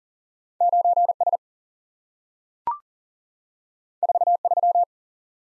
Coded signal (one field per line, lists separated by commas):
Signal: Morse code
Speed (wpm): 40 wpm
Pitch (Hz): 700 Hz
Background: none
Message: 9 S 4 3